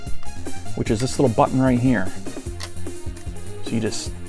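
Someone talks over background music while handling the cocking slide of the spring-loaded disc launcher on a plastic toy vehicle, with a few faint taps heard. Nothing has seated or clicked yet; the launcher has not latched in the cocked position.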